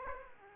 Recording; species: mosquito wingbeat signal from an infrared sensor; Aedes aegypti